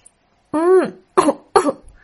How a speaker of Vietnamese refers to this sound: Cuối cùng cũng có cơ hội được thở, Tây Lương Mạt vừa hổn hển hít thở, vừa ho khan lần thứ hai, hai mắt nồng lên ngân ngấn nước mắt,